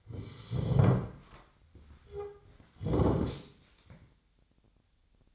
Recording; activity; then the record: daily activity, microphone in the room; sit down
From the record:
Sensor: 3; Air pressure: 1008.0 hPa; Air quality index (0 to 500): 190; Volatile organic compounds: 14 ppm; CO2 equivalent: 2439 ppm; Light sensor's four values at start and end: 12/29/12/12 and 12/29/12/12